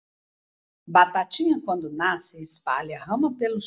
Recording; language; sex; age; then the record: short text; Brazilian Portuguese; female; 50 to 59 years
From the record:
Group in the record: control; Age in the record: 53 years